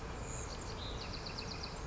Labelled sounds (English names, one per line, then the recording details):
Bewick's Wren
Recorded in Sonoma County, California